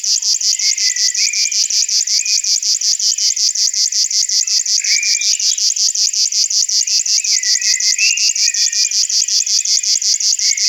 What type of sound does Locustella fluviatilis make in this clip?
song